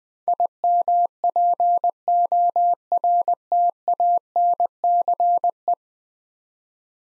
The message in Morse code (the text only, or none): IMPORTANCE